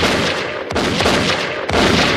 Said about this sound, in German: Hast du das gehört? Nein, was? Den Schuss! Ein echter Schuss? Ich habe keinen Schuss gehört.